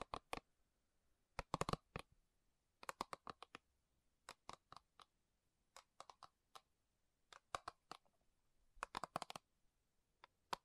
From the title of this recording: Slow Tapping Metal Sounds